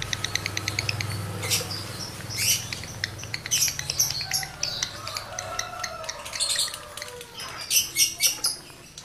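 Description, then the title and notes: Lovebird chattering song of shrill squeaks and rapid clicking chirps, with a low hum underneath. Male lovebird in breeding condition; song used as a lure to stimulate other lovebirds to sing. "Birahi Lovebird Jantan ke Gacor. Pancingan Suara Lovebird jantan birahi"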